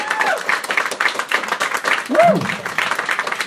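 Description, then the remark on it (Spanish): An audience applauds steadily with dense, crackling claps throughout, and a brief high whoop or cheer rises above the clapping partway through. “¡Fuerte aplauso!”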